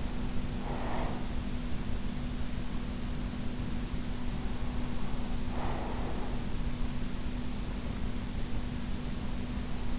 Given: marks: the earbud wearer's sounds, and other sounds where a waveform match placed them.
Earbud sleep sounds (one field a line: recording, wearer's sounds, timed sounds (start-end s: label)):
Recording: sounds in sleep by an in-ear microphone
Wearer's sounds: breath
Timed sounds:
0.00-1.61 s: breath
4.85-6.69 s: breath